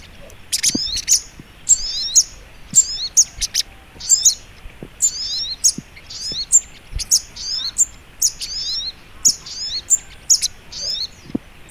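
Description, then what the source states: Little Spiderhunter song, a run of piercing high chirps and downward slurs repeated rapidly through the whole stretch. Masteran (training) recording; song style called labaik.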